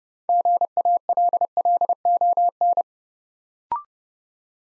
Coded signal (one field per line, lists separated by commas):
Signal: Morse code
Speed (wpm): 30 wpm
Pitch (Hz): 700 Hz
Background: none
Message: GALLON